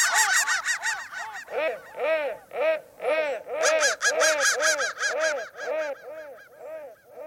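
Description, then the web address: Crow caws, harsh harmonic calls in a rapid overlapping series, a fast high-pitched run giving way to slower, deeper arched caws. "soundfactory crow"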